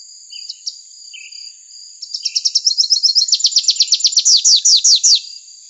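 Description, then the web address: Rufous-capped warbler gives a few scattered high chips, then a fast series of bright notes building to loud downslurred strokes, with a constant high whine behind. Arizona. "Other Warblers. deviche"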